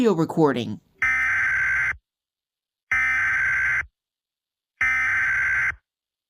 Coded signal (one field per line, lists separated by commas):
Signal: Emergency Alert System (SAME) tones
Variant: header bursts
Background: speech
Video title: Doodle Kaden reacts to harclaus eas scenario by @C_T_C09Official (Watch till the end)